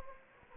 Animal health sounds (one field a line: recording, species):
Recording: mosquito wingbeat signal from an infrared sensor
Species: Anopheles gambiae